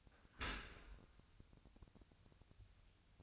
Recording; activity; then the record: daily activity, microphone in the room; open dishwasher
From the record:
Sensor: 2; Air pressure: 1006.6 hPa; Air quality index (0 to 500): 201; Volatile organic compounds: 14 ppm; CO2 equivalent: 2464 ppm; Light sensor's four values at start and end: 9/22/9/9 and 9/22/9/9